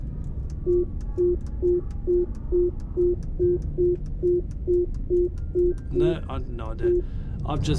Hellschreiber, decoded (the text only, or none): none